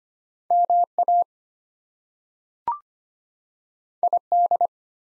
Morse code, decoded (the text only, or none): MA ID